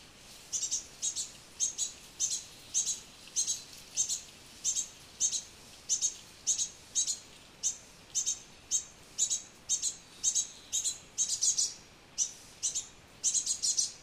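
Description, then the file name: Great tit uttering sharp high call notes in a long series, nearly two per second, with occasional closely spaced pairs. "Parus major"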